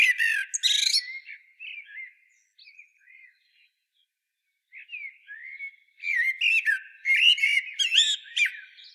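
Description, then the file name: Common blackbird song opening with a burst of high squeaky twitter, then soft low fluting notes, a brief gap, and a busier warbled phrase full of shrill chirps. "Turdus merula"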